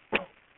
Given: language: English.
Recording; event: throat vibration sensor signal played as sound; cough